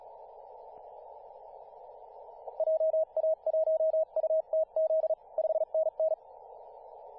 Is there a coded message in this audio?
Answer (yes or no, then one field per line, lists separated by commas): yes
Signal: Morse code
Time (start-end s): 2.6-6.1 s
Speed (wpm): 36 wpm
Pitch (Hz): 640 Hz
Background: radio noise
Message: JA1UTZ 5NN